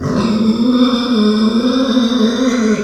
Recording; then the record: squeal of a Yucatan mini pig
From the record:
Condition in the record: after surgery on the right vocal fold (resection and tissue-engineered implant); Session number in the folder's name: 14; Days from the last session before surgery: 133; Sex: female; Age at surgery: 19 weeks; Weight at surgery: 25 kg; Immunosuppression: prednisolone